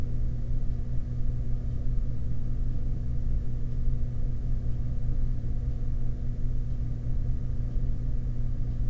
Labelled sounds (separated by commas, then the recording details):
machinery, flare stack
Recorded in the Prudhoe Bay oil fields, Alaska, on 7 September 2019 at 04:56
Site 24